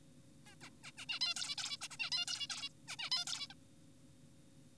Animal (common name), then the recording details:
Zebra Finch. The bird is an adult. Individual g4p5U